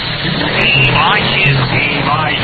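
A car engine turns over and runs, a steady low rumble with rising and falling rev-like tones on top, loud and continuous throughout.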